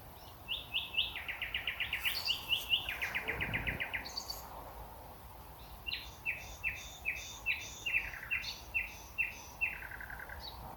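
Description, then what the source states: Common Nightingale song: rapid rattling trills, then a run of sharp repeated whistled notes, about two per second, high-pitched; a brief low thump near the middle. Two males in scrubland at Knepp, one leading and the other mimicking and copying its phrases for a few bars before returning to its own style.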